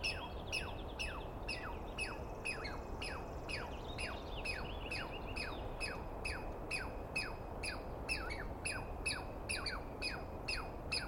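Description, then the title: Douglas squirrel: harsh screaming notes with falling tails, repeated about twice a second in a steady series, over a low rumbling background. Wild animal, recorded at dawn on the morning of 21 April 2017 in the East Cascades; screaming persistently at the recordist; identification by sound, not clearly seen. "Interview With The Chipmunk"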